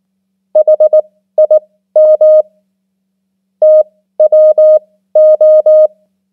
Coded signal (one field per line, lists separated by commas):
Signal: Morse code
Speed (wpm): 19 wpm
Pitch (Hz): 620 Hz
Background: none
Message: HIM TWO